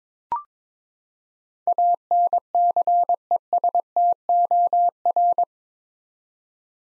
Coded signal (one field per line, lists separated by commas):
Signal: Morse code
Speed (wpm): 22 wpm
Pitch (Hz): 700 Hz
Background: none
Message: ANCESTOR